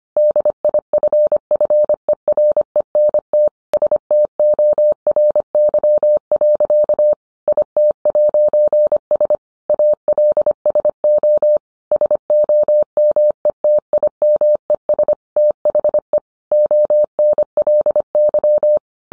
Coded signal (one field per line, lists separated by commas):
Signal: Morse code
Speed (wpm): 25 wpm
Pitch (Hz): 600 Hz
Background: none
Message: DIFFERENT STORY. IT'S ALSO SOMETIMES THE ONLY